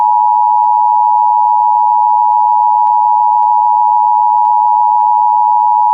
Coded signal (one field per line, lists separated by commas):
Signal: Emergency Alert System (SAME) tones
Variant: 853 and 960 Hz attention tone